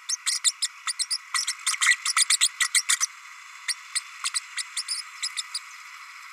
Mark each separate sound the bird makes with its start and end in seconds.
0.08-0.16, 0.26-0.40, 0.44-0.53, 0.62-0.68, 0.86-0.93, 0.99-1.07, 1.10-1.18, 1.34-1.45, 1.66-1.77, 1.80-1.96, 2.05-2.13, 2.16-2.25, 2.29-2.39, 2.40-2.49, 2.60-2.69, 2.74-2.82, 2.88-2.97, 3.68-3.75, 3.95-4.00, 4.24-4.29, 4.34-4.39, 4.57-4.62, 4.76-4.82, 4.88-5.01, 5.22-5.29, 5.37-5.42, 5.54-5.59